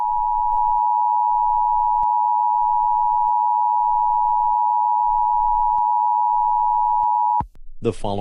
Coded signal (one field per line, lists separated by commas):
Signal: Emergency Alert System (SAME) tones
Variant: 853 and 960 Hz attention tone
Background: speech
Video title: EAS Scenario- The BloxWatch